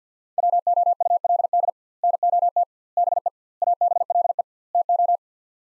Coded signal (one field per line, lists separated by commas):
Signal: Morse code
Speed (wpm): 50 wpm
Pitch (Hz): 700 Hz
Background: none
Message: WOULD NOT BE ABLE TO